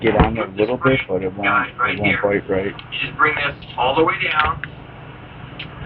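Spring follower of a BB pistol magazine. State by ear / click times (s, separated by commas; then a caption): seated / 5.6 s. A man talks while pulling the spring follower of a plastic BB pistol magazine for an Umarex Steel Strike airgun all the way down. A single short click at 5.6 seconds marks the follower catching and locking in place.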